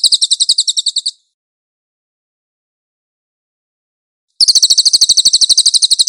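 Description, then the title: Cililin song, a high rattling trill that ends, then a gap of about three seconds before the next rapid, even trill starts. Master (tutor) song of the cililin, clear audio. "MASTER SANGAT BAGUS SUARA BURUNG CILILIN, AUDIO JERNIH"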